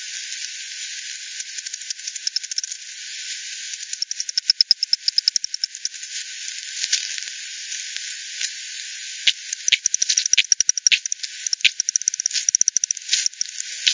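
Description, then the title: Bat echolocation clicks in rapid trains, densest around four to five seconds and again through the later part, over a steady hiss. Several bats at Hogsmill Lane by the Hogsmill River, 7 October 2020 at 18:10; bat detector recording using frequency division by ten, bandpass filtered and resampled. "WW bat 20201007 T 18 : 10 Z-Hogsmill-Lane-Hogsmill-River-multiple-bats"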